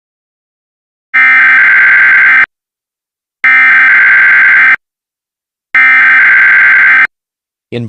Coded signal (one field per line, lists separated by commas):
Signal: Emergency Alert System (SAME) tones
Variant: header bursts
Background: speech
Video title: WXR & WRC Fanmade EAS alerts | Season 1 Episode 1 | Toronto Freezes!